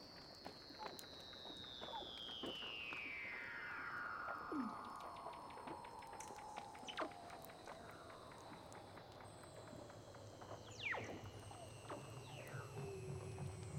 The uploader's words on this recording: Douglas Quin - Weddell Seals (Underwater).